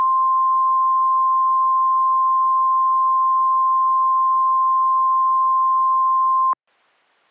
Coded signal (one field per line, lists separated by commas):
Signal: Emergency Alert System (SAME) tones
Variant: 1050 Hz attention tone